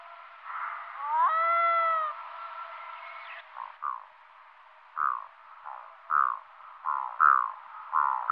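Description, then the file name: Black-throated loon calling: a clear wail with rich harmonics near the start, then a series of short, separate hoarse notes. "Storlom"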